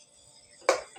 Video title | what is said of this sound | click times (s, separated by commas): BAGONG MOTOR NG ELECTRIC FAN BUY ON ONLINE TESTING PART 2 | Bali nakalock na. | 0.7 s